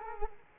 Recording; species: mosquito wingbeat signal from an infrared sensor; Culex quinquefasciatus